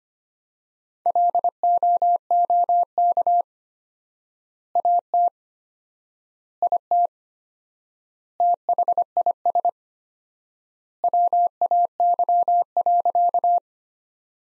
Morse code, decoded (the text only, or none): LOOK AT IT THIS WAY.